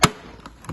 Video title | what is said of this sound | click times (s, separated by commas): Installing a Givi Monokey Top Case on my 2013 Can Am Spyder ST | And hear that loud click. | 0.0 s